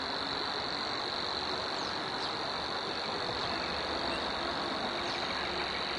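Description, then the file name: Savi's warbler reeling song, a steady unbroken high buzz held throughout, over a dense, noisy background chorus. Recorded at Zakole Wawerskie on 3 May 2012 at 7:31. "2012-05-03-zakole-wawerskie-7-31-brzeczka"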